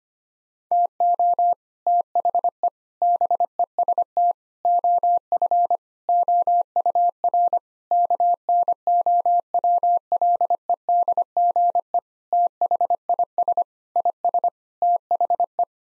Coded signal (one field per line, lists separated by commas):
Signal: Morse code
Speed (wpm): 25 wpm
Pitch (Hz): 700 Hz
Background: none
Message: TO THE BEST OF OUR KNOWLEDGE THIS IS THE